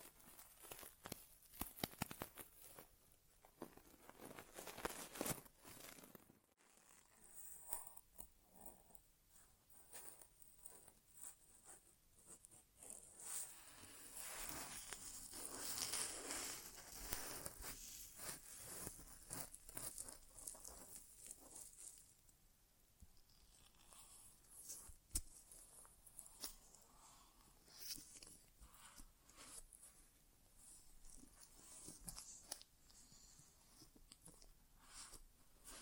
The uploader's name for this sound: ASMR Inner Ear Exam (No Talking)